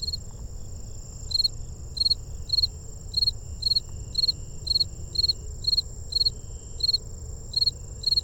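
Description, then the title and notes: Fall field cricket chirping, each chirp a quick burst of pulses, about two per second, alongside a persistent high insect hum and low rumble. A Gryllus species, near a research refuge visitor center, September 8, 2015 at 7:53 pm, about 82°F; Fostex FR-2 recorder, Sennheiser ME62 microphone in a Telinga parabola. "Fall Field Cricket (one of the Gryllus species) recorded near Visitor Center of Patuxent Research Refuge September 8, 2015 at 7:53pm"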